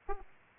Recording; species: mosquito wingbeat signal from an infrared sensor; Aedes aegypti